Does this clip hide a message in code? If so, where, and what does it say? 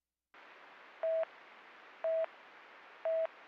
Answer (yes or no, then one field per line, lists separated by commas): no